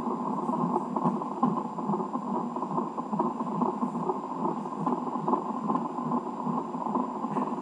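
Rapid, rhythmic whooshing pulses, roughly 143 per minute, ride over a steady Doppler hiss: a baby's heartbeat picked up by a Doppler monitor at Heath Hospital, at a rate within the usual fetal range.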